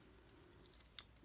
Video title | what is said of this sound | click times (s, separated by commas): TMNT Mega Box Donatello & Leonardo Review | but this needs to slide down and you'll hear it snap into place | 1.0 s